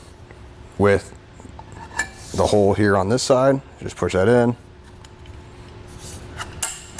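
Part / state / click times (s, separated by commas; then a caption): middle section of a truck bed cargo rail, with a spring push button, going into the side rail section / seated / 6.6 s. The middle metal rail section of a TruXedo Truck Luggage Expedition truck bed cargo management system, fitted with a silver spring push button, is lined up with the hole in the side rail section and pushed in while someone talks. Light metallic handling taps follow, then a sharp, loud snap at 6.6 s as the button springs out and the rail section locks into place.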